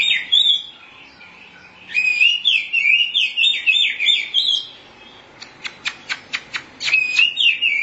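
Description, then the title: Oriental magpie-robin song: a short warble, then a long jumbled warble of slurred whistles, a quick series of sharp clicks, and more warbling. Chirping song (kicauan) of the bird. "Suara Kicauan Burung Kacer Durasi Panjang"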